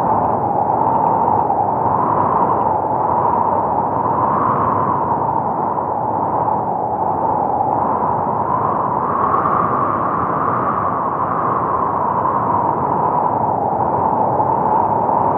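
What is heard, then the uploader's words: Wind blows steadily and without break, a dense, rushing roar concentrated in the low and middle range, with almost nothing bright above it. Its level stays nearly constant, with only slow, gentle swells every few seconds and no distinct events. Serenity in the Wind. Wind sounds.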